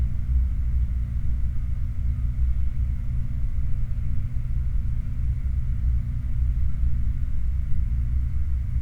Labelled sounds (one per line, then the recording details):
machinery
flare stack
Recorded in the Prudhoe Bay oil fields, Alaska, on 17 July 2019 at 10:24
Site 29